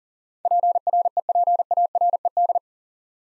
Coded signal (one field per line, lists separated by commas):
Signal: Morse code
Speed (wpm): 40 wpm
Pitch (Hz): 700 Hz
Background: none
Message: PREPARED